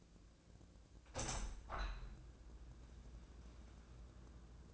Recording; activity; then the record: daily activity, microphone in the room; open window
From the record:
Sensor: 2